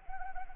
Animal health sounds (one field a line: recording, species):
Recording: mosquito wingbeat signal from an infrared sensor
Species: Anopheles arabiensis